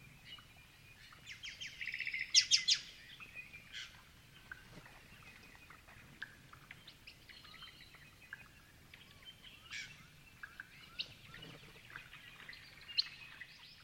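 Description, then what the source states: Grey-fronted honeyeaters chirping, a loud burst of sharp notes near the start, then scattered high chirps and short trills across the rest. Several birds chirping together.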